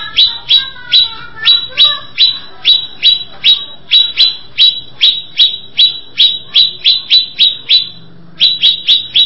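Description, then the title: Greater Green Leafbird song: sharp, descending chirped notes repeated briskly, with a brief pause before the series resumes. "Cucak ijo"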